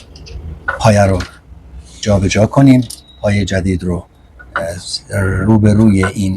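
A button at the back of the presser foot holder on a Janome 625/627 household sewing machine is pressed, and the plastic/metal presser foot drops off with a sharp click at 0.7 s, releasing it from the holder. Someone talks throughout the clip.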